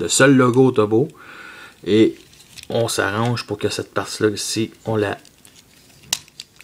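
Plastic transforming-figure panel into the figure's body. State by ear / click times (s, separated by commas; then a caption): seated / 6.1 s. Someone talks while positioning a plastic panel of a transforming action figure and pressing it into the figure's body. A single sharp, loud snap at 6.1 s is heard as the panel clips into place, followed by a few faint ticks.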